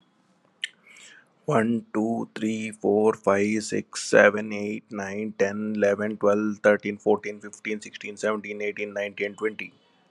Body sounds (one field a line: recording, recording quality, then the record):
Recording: counting at a fast pace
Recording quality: excellent, no background noise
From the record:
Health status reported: COVID-19 positive, moderate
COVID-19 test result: positive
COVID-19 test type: RT-PCR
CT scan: not taken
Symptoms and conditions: cough, sore throat, fever, fatigue, muscle pain, another condition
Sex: male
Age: 48 years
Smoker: no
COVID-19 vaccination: both doses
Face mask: worn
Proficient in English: yes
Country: India